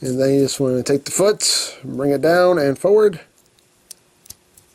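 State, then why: Seated. Someone talks, then the plastic foot of a transforming robot toy (a Transformers Age of Extinction Deluxe Snarl) is brought down and forward into its leg joint. Small clicks sound against near silence, with soft clicks at 3.9 s and 4.3 s as the foot seats and locks into place.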